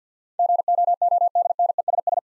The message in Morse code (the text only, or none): GOODNESS